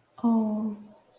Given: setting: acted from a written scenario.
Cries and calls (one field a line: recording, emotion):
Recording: vocal sound without words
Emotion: sympathy